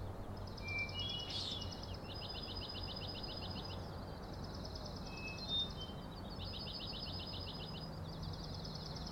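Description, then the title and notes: Common nighthawk rattling calls: long runs of fast, buzzy rattled notes overlapping almost continuously, with one sharp burst near the start, over a low steady rumble. Three birds flying one after another in very close formation, making a rattling noise, flying remarkably close to the recordist; Schoodic Head overlook, Acadia National Park, Winter Harbor, Maine; 16 June 2017, 4am. "Common Nighthawks, Schoodic Head 061617 4am. 3 common nighthawks making peenting calls and wings booms but also a rattling noise at the Overlook (410 ft) on Schoodic Head (435 feet) Schoodic division Acadia National Park Winter Harbor, ME"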